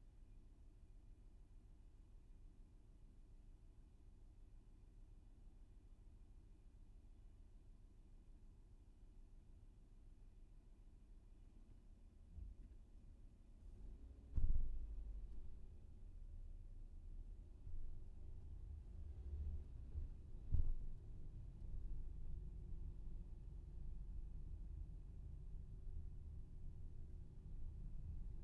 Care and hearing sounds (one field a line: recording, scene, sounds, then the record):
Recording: everyday scene through a hearing-aid microphone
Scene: in a vehicle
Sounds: engine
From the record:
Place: VW T5 Caravelle, diesel engine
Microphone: behind the ear, left, rear